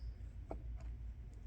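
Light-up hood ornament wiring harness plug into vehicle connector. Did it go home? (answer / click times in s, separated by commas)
no / none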